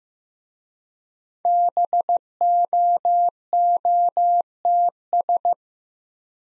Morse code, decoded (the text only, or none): BOOTS